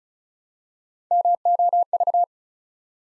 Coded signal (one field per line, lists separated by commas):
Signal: Morse code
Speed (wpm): 36 wpm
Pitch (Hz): 700 Hz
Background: none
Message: MOV